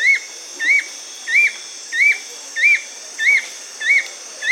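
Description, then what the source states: Fulvous-chinned nunlet giving a short rising whistled note, repeated steadily about every two-thirds of a second, eight times, over a faint hiss. South America.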